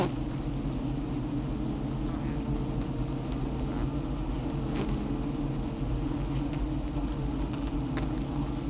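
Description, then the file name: Honey bees buzzing: a dense, steady low hum throughout, with scattered faint clicks and taps. Honey bees inside the beehive, recorded with a lavalier microphone. "Im Bienenstock Lavalier"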